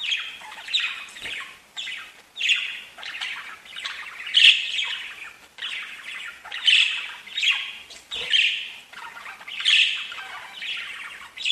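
Budgerigar calls: repeated harsh squawky bursts, mixed with lighter chirps and warbles.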